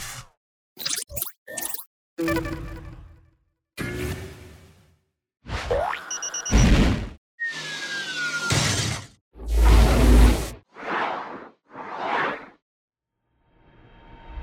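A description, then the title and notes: A string of short game sound effects, each cut off by silence: quick clicks and pops, a springy boing, metallic rings, a rising whistle, crunchy crashes and airy whooshes. Most last under a second, some bright and some heavy with low thuds. CMTD - Sound fx --> [tower defense game].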